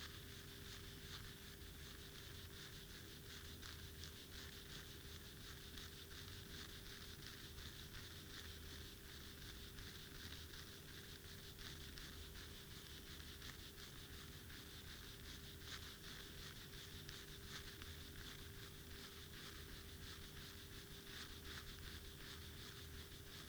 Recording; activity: daily activity, guitar pickup as the sensor; brush teeth